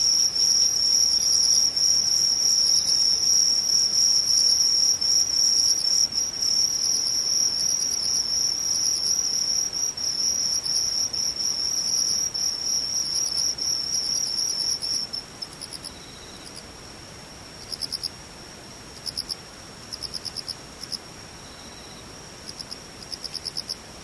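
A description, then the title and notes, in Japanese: Insects chirr in a dense, high, steady trill for the first fifteen seconds, close and shrill. Then the continuous song stops and only short, bright bursts of chirping come at irregular intervals over a quiet background until the end. 無音→ムシ。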